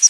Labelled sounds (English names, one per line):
Palm Warbler flight call